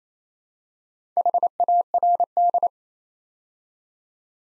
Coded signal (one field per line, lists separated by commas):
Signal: Morse code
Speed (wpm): 27 wpm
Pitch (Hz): 700 Hz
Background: none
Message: HARD